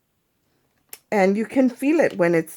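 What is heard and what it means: The shank back piece of a fabric-covered button is pressed into the front shell with a blue pusher cap under the thumb, giving a short sharp click at 0.9 s. Someone then talks. The back has only partly snapped in and still needs more pressing, so it is not fully home.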